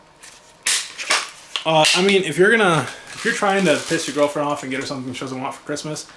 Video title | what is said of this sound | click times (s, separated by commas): MASSIVE $13,000 Airsoft Arsenal!! :o (Long Version) Part 2 | Knock off mag pull stock, locks in place, pretty solid. | 0.7 s